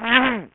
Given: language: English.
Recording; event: throat vibration sensor signal played as sound; throat clearing